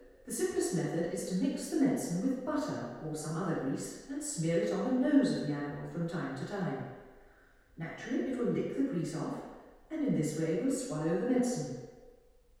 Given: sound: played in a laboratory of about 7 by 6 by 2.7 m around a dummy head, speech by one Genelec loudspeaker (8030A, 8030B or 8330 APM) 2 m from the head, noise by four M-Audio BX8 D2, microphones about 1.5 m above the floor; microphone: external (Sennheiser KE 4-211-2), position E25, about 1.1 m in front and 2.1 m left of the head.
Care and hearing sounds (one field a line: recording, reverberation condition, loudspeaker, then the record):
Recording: female speech in English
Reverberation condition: high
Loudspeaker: 120 degrees to the right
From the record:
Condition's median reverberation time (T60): about 1300 ms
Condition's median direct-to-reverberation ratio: about -4.0 dB